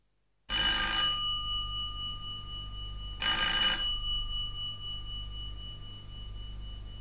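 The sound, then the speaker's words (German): A bell rings twice in short bursts, each strike leaving a bright, sustained metallic tone that hangs and slowly fades over a low steady hum. No one speaks. “Am Ende hat er schon früh geläutet und wir haben es gar nicht gemerkt.”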